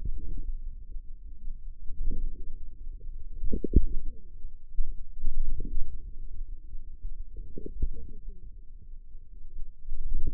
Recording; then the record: forearm muscle sounds (acoustic myography)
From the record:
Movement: wrist flexion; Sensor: system 2, bracelet of six BSWA MPA416 microphones around the upper forearm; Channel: 6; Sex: female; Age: 21 years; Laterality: right